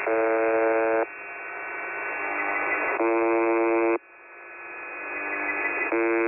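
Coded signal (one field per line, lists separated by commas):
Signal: numbers station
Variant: UVB-76 (The Buzzer)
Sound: three harsh one-second buzzes about three seconds apart, with hissing static between them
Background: radio static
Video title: The Buzzer/ UVB-76 Voice Message (January 20, 2021, 11:43 UTC)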